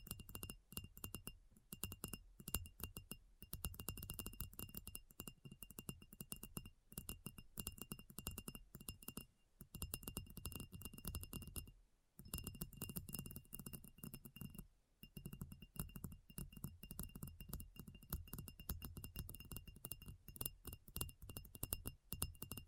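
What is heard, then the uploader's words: Rapid, dense tapping runs almost without pause, each tap a sharp click with a bright, faintly glassy ring and a steady high tone sustained underneath. Brief silences break the stream near 1.5, 9.5, 12 and 15 seconds before the tapping resumes. ASMR Addictive Tapping.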